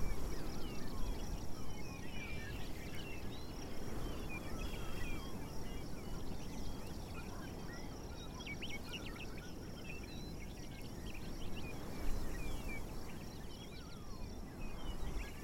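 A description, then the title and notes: A prairie dawn chorus: many birds chirp and trill at once, short bright calls scattered densely across the whole stretch. Beneath them runs a steady, heavy low rumble that barely changes, with a slight swell near the twelve-second mark. Today we head to Grasslands National Park in Saskatchewan, just a few miles north of the Canada/US border.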